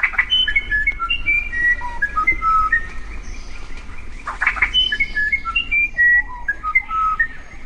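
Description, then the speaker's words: Musician Wren song: a series of clear, pure whistled notes at varied pitches, stepping up and down like a tune, interrupted midway by a short burst of buzzy chatter. South American wren regarded by many as the most legendary singer among wrens. "It's a tough decision, but many would choose South America's musician wren."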